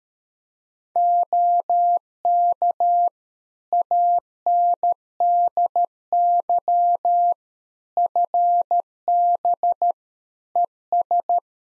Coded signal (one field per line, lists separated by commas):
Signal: Morse code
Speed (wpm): 13 wpm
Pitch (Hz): 700 Hz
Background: none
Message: OK ANDY FB ES